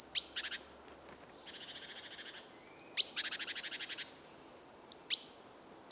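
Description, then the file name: Great tit calls: sharp high chips leading into dry, buzzy scolding rattles of repeated pulses, separated by short pauses. "Parus major"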